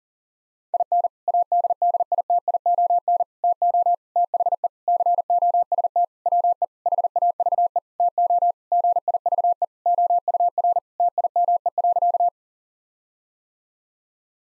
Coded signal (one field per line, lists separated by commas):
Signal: Morse code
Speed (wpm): 40 wpm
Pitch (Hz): 700 Hz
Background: none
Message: IN ADDITION TO THE COST WE HAVE TO GIVE OUR TIME.